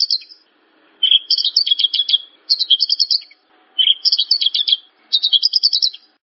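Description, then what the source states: Javan bush lark song in short bursts of rapid, buzzy high trills, each burst about a second long and separated by brief pauses. Song used as a lure recording (pancingan); the bird is described as gacor, singing actively.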